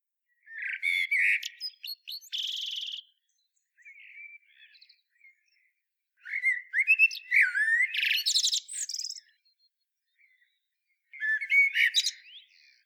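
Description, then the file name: Eurasian blackbird singing fluty warbled phrases that finish in thin high chittering, three bursts separated by short gaps with faint soft notes. "Turdus merula"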